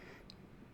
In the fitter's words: it just pops right in right